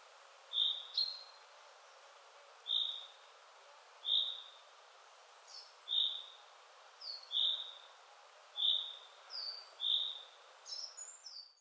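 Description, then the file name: Common chaffinch calls: short, clear high notes repeated about every one to one and a half seconds, some doubled, over faint background hiss. "Fringilla coelebs"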